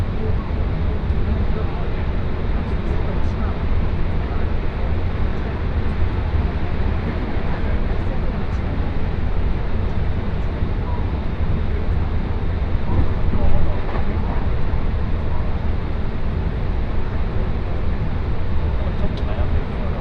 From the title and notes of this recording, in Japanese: 耳で楽しむ鉄道旅 東海道本線新快速 草津→新大阪。